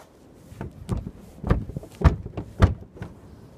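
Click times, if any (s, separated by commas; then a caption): none. The hood of a 2007 Chevy Malibu is repeatedly closed or pushed down onto its front latch, producing a series of dull thuds around 0.6, 0.9, 1.5, 2.1, 2.4 and 2.6 seconds, with the loudest near 1.5, 2.1 and 2.6 seconds. The hood latch fails to catch, and nothing has latched yet.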